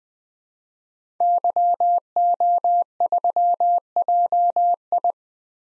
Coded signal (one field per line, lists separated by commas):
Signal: Morse code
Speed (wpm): 20 wpm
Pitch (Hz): 700 Hz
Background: none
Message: YO3JI